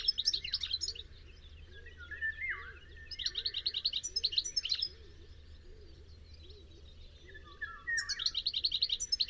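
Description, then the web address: Bird calling: rapid runs of high chirps repeat in bursts, mixed with lower downslurred notes, over a steady low hum. "cianscape birddata Deverinetal 2025 Bird Only Ca Ca Ca Ca"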